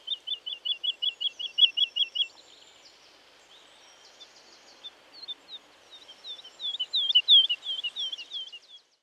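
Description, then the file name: Woodlark song: a steady run of identical fluty notes, a gap with faint high twittering, then a phrase of looping slurred notes, over soft background hiss. "Woodlark (Lullula arborea)"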